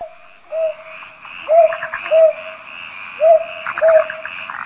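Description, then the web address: Bird calling: short, mellow, hooting notes given singly and in pairs, each rising briefly then level, repeated several times over a faint background hum. Recorded in Higashiosaka. "higashiosaka bird koe"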